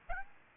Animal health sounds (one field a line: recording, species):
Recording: mosquito wingbeat signal from an infrared sensor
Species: Aedes aegypti